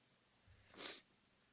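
A single sneeze from an adult: a short, soft intake of breath followed by one sharp, hissing burst lasting about a quarter of a second. The room is otherwise quiet. It is an ordinary single sneeze.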